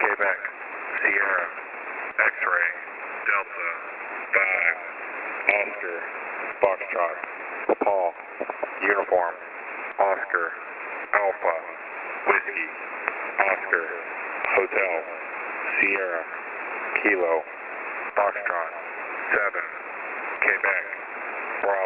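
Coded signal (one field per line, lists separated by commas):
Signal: numbers station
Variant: phonetic alphabet, English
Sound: a radio voice reading phonetic-alphabet letters and digits in steady, clipped groups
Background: radio static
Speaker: A numbers station is a type of shortwave radio station characterized by unusual broadcasts reading out lists of numbers or incomprehensible coded messages.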